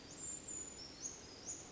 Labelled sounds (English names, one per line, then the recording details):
Brown Creeper
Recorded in Sonoma County, California